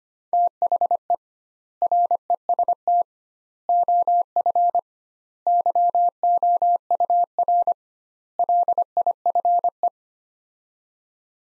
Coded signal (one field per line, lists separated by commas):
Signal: Morse code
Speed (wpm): 25 wpm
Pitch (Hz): 700 Hz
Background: none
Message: THE REST OF YOUR LIFE